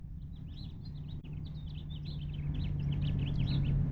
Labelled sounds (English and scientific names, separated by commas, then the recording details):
House Finch (Haemorhous mexicanus) song
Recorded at Hewlett Bay Park on Long Island, New York, on 10 June 1975
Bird A